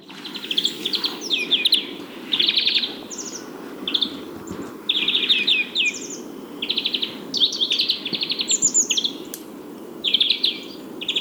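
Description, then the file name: European greenfinch chattering in a run of trilled twitters and rattling buzzes, with short gaps between the phrases, and a low rumbling background throughout. "Chloris chloris"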